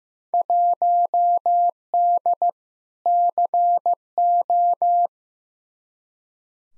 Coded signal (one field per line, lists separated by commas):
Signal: Morse code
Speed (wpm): 15 wpm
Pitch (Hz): 700 Hz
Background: none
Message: 1D CO